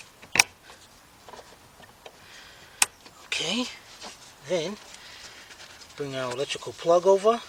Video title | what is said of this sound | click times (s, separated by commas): Volkswagen Beetle Golf Jetta Fuel Pump Replacement 1998-2005 | connect our fuel lines they're just going to snap right into place | 0.4 s, 2.8 s